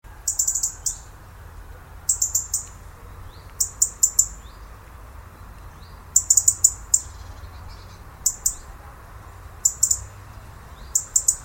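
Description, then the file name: European robin giving sharp, high ticking calls in short bursts with brief pauses, over a low steady background hum. "Erithacus rubecula"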